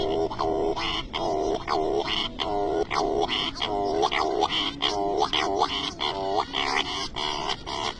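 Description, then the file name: Cory's shearwater song: harsh wailing notes in a continuous series, each swelling and falling, repeated throughout the stretch. "Canto do cagarro"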